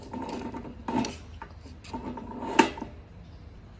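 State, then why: Seated. A grinder head collar is refitted onto a meat grinder body and rotated to find its locking notch, with ratchet-like mechanical clicks and scrapes building up. A sharp hit at 2.6 s marks the head dropping into the lock, and it is seated.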